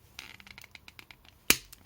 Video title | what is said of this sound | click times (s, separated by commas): Lifeline - Generations Selects Paradron Medic (Review 19) | off did you hear that click that's how it's gone in | 1.5 s